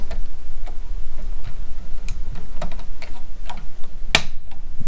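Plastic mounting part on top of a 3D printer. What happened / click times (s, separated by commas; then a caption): The plastic part snapped into place / 4.1 s. A plastic mounting part on top of a 3D printer is fitted facing outward during assembly and pushed down until it latches. Soft ticking and small handling sounds lead up to a single sharp, loud click at 4.2 s. The part clicks into place and is seated.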